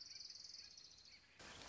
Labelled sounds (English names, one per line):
Orange-crowned Warbler